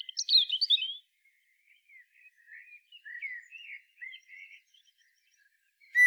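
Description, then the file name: Common blackbird song: a brisk higher twitter followed by soft, low, wandering warbled notes and a final sharp burst. "Turdus merula"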